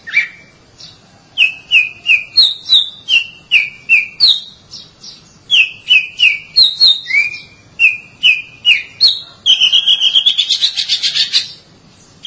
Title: Suara Kicauan Burung Kacer